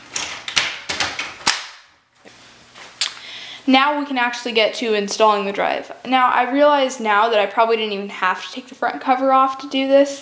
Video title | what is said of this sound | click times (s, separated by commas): How To Install A Card Reader (AFT PRO-37U) | And make sure you line everything up, and it should just pop into place. | 0.6 s, 1.5 s, 3.0 s